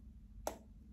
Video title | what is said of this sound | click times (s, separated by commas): 10 Of The Best Aquatic Fragrances For Men | I don't know you can't really hear it this time but sometimes it really snaps and you can really hear it but it really does click into place | 0.5 s